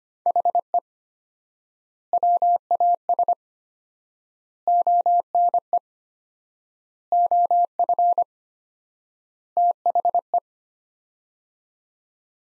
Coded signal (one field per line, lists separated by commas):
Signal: Morse code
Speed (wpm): 25 wpm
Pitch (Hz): 700 Hz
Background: none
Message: HE WAS ONE OF THE